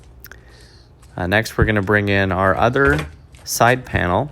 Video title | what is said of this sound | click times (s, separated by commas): Suncast 99 gallon Deck Box install | and as you can see just line it up and pop it in | 0.2 s, 0.3 s